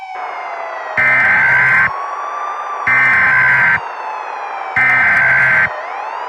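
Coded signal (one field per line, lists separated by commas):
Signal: Emergency Alert System (SAME) tones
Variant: header bursts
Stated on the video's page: Simulated EAS scenario for an earthquake.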